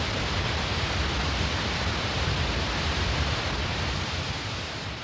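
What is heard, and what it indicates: Steady, loud roaring noise weighted toward low tones: a simulated roaring or static type of tinnitus. Roaring tinnitus can sometimes be related to a treatable medical condition and warrants an ear, nose and throat evaluation.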